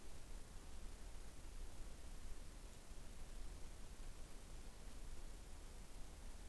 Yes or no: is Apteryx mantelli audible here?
no